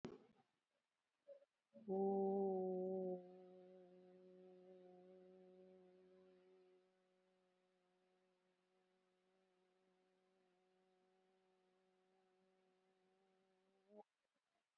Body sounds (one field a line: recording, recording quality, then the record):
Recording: sustained vowel as in boot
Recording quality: excellent, no background noise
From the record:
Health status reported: COVID-19 positive, moderate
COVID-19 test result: positive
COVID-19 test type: RT-PCR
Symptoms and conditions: fever, diabetes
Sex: female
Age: 52 years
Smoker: no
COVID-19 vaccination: one dose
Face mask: worn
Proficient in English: yes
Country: India